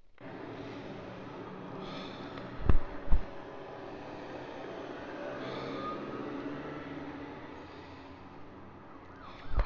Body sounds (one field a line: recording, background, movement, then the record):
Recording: deep breathing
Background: traffic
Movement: sitting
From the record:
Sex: male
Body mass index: 23.7 kg/m2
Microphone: on the chest, facing outward